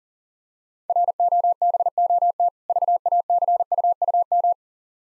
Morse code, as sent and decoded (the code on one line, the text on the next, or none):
.-. --- -... --- - / ...- .- -.-. ..- ..- --
ROBOT VACUUM